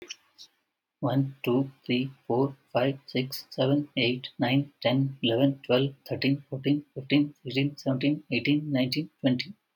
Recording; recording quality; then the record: counting at a fast pace; excellent, no background noise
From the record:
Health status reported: healthy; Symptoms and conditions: none ticked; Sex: male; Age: 35 years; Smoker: not ticked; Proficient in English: no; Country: India